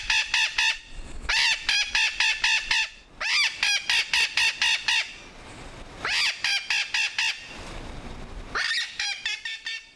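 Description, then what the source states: Puerto Rican Parrot squawking calls: harsh, harmonic notes delivered in rapid bursts of several, with brief pauses and a few drawn-out rising squawks between bursts. Captive parrots of the El Yunque population, Puerto Rico; one of four distinct vocal dialects that vary by area and by captive or wild status.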